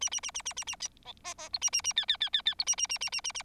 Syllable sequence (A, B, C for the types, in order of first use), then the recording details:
A A A A A A A A B C C D A A A E E E E E D A A A A A A A. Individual Bird4